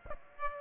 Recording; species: mosquito wingbeat signal from an infrared sensor; Aedes aegypti